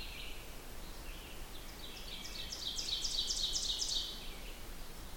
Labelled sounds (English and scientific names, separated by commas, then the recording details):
Ovenbird (Seiurus aurocapilla) song
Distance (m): 50 m
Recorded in boreal forest in Alberta, Canada, on 16 June 2016 at 08:40
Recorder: SongMeter 3, array SBT-3-32
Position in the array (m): 174 m, -30 m
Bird 38